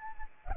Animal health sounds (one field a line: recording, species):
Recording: mosquito wingbeat signal from an infrared sensor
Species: Anopheles arabiensis